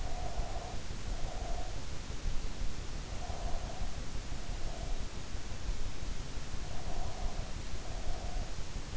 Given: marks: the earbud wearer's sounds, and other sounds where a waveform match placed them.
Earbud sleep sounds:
sounds in sleep by an in-ear microphone; breath
0.00-1.87 s: breath
3.14-5.10 s: breath
6.60-8.53 s: breath

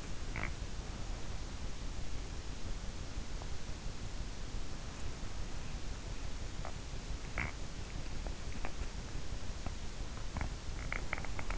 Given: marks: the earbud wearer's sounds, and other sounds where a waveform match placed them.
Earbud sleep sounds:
sounds in sleep by an in-ear microphone; teeth grinding
0.00-0.61 s: teeth grinding
6.61-11.58 s: teeth grinding

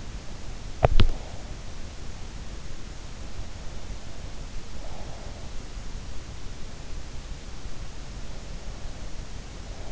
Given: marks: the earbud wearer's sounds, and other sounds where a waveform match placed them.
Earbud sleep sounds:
sounds in sleep by an in-ear microphone; teeth grinding
0.00-2.15 s: teeth grinding

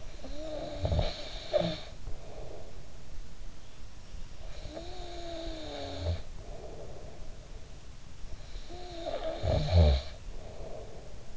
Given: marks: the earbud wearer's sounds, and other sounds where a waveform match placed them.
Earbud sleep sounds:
sounds in sleep by an in-ear microphone; snoring breath
0.00-2.79 s: snoring breath
4.32-7.28 s: snoring breath
8.25-11.37 s: snoring breath

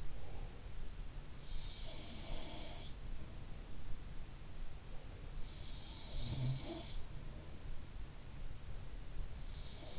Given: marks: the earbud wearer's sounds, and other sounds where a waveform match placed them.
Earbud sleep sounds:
sounds in sleep by an in-ear microphone; breath
0.00-0.82 s: breath
1.65-3.01 s: sound from someone else or the room
5.87-6.98 s: sound from someone else or the room

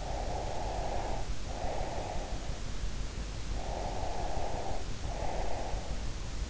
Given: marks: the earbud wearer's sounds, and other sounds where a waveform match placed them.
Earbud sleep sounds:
sounds in sleep by an in-ear microphone; breath
0.03-2.65 s: breath
3.59-5.98 s: breath

